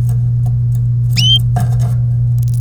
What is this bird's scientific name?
Serinus canaria